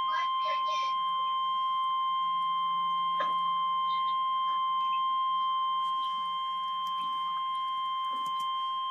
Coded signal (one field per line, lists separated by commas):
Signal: Emergency Alert System (SAME) tones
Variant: 1050 Hz attention tone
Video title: REAL EAS 321-Tornado warning